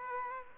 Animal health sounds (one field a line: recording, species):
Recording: mosquito wingbeat signal from an infrared sensor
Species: Aedes aegypti